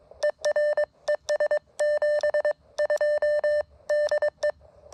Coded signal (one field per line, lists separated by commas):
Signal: Morse code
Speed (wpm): 22 wpm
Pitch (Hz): 600 Hz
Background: none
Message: ERE S 72 DE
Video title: Frustrating.....but awesome! First Elecraft KX1 CW POTA activation at K-5221 9/30/23